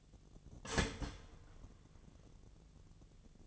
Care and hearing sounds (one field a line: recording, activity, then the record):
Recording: daily activity, microphone in the room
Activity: start toaster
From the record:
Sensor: 4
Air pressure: 1001.1 hPa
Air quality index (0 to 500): 166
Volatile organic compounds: 2 ppm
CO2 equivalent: 1204 ppm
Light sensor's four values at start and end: 16/37/15/16 and 18/42/17/17